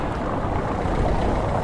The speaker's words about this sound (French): Les voitures officielles.